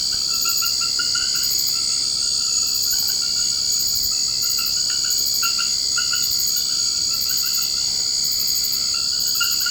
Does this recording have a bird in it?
no